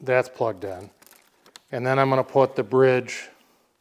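Someone talks while handling the plastic, friction-fit throttle housing bridge, about to press it back into the handlebar throttle control housing during a heated grips install on a 2024 Harley Davidson Road Glide. Faint handling noises sit between the speech, and the clip ends before the bridge goes home, so nothing has seated or clicked yet.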